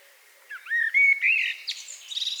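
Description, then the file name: Common blackbird song: one brief fluty phrase, then a thin, high, scratchy twitter closing it off. "Turdus merula"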